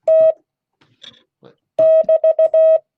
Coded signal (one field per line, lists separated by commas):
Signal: Morse code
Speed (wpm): 16 wpm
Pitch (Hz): 620 Hz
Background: none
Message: T<BT>